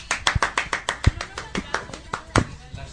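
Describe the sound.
A short burst of applause: quick, steady hand claps in a regular rhythm for about three seconds, sharp and moderately loud, with faint voices murmuring underneath.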